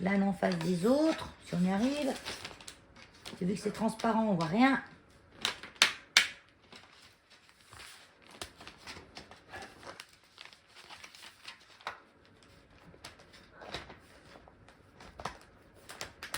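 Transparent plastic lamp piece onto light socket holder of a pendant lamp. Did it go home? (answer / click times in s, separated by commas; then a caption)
no / none. A transparent plastic piece of an IKEA Krusning pendant lamp is lined up with the others and pushed onto the light socket holder of a Hemma suspension kit on a DCL socket. Someone talks while light plastic handling taps and a few sharper knocks are heard, loudest around 5.8 and 6.2 seconds. Nothing has clicked or seated yet; the piece is still being handled when the clip ends.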